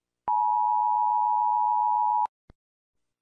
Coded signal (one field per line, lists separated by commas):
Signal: Emergency Alert System (SAME) tones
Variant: 853 and 960 Hz attention tone